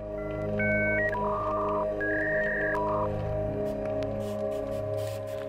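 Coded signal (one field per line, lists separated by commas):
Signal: dial-up modem handshake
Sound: short dual tone, then stepped beeps and warbling tones, no hiss burst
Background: background music drone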